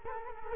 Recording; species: mosquito wingbeat signal from an infrared sensor; Culex quinquefasciatus